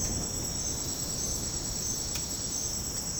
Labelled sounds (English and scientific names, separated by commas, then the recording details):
Silvered Antbird (Sclateria naevia)
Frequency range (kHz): Silvered Antbird (Sclateria naevia) 2.8-5.5 kHz
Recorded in dense forest near Puerto Asís, Putumayo, Colombia, on 30 June 2025 at 08:00
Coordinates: 0.486, -76.317
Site G065